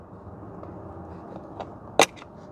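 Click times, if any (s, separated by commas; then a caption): 2.0 s. A plastic retaining clip is pried forward with a flathead screwdriver while being pushed up into the dash vent frame of a Saturn Sky passenger air vent. After quiet scraping and faint ticks over a low steady background, a sharp, loud snap at 2.0 s marks the clip popping into place, followed by a faint tick at 2.2 s. The clip is seated.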